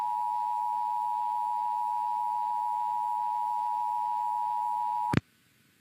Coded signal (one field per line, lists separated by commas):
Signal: Emergency Alert System (SAME) tones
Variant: 853 and 960 Hz attention tone